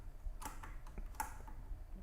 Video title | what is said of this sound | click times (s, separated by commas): 🔴[Day 1] Learning to SEW🔴 Traded for a sewing machine on Craigslist.. does it even turn on? 🤞 | Yeah, I hear a click sound. | 1.2 s